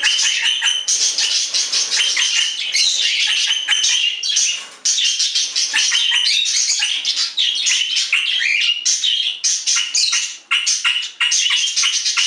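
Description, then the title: Budgerigar chatter, dense and continuous, full of scratchy squeaks, clicks and whistles with hardly any pause. "Budgie Sounds"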